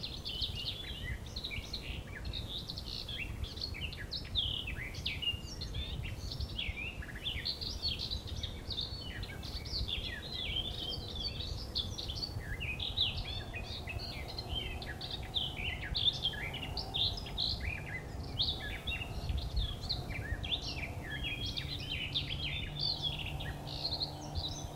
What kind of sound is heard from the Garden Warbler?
song